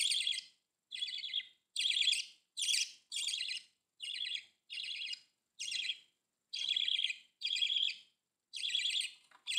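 Budgerigar chirps: repeated scratchy, rasping notes given in quick bursts, with short pauses between them.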